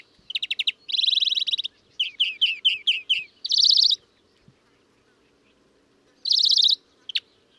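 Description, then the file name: European greenfinch twittering: quick trilled runs and a series of separate chirpy notes, then a pause of about two seconds before one more trill and a short note. "Chloris chloris"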